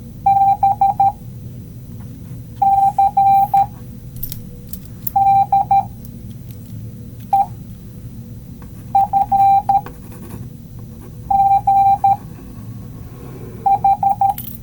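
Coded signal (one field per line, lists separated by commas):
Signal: Morse code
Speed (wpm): 13 wpm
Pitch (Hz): 790 Hz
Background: none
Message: B C D E F G H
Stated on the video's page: Morse code lesson for learning by seeing and hearing it.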